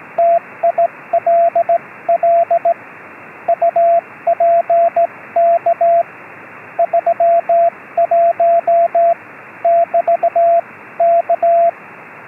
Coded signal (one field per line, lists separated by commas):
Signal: Morse code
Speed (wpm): 16 wpm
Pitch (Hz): 680 Hz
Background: radio noise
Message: TILL UPK 31 <BT> K